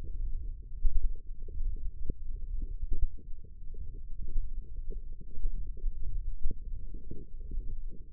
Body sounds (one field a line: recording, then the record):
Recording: forearm muscle sounds (acoustic myography)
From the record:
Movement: ulnar deviation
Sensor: system 1, eight BSWA MPA416 microphones around the upper forearm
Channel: 5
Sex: female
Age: 21 years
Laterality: right